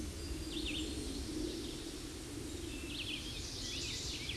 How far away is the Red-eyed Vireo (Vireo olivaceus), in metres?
about 30 m